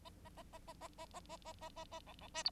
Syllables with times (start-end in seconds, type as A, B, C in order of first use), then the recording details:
0.05-0.10 A, 0.24-0.29 A, 0.37-0.43 A, 0.52-0.58 A, 0.67-0.73 A, 0.81-0.88 A, 0.98-1.06 A, 1.13-1.20 A, 1.29-1.37 A, 1.45-1.53 A, 1.61-1.69 A, 1.76-1.84 A, 1.92-2.00 A, 2.06-2.13 B, 2.21-2.28 B, 2.34-2.43 C, 2.45-2.50 D. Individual Bird9